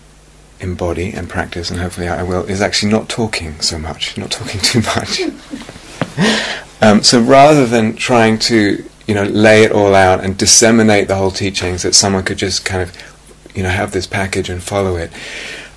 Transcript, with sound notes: embody and practise, and hopefully I will, is actually not talking so much, not talking too much. [laughs] So rather than trying to, you know, lay it all out and disseminate the whole teaching so that someone could just kind of have this package and follow it,